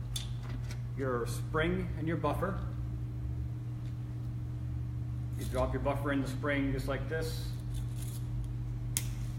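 A buffer and buffer spring are compressed and twisted into the receiver extension of a rifle stock until they lock, while someone talks over a steady low hum. A sharp click at 9.0 s marks the buffer and spring seating in place.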